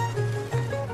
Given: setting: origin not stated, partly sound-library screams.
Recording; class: one-second piece from a danger detection set; normal situation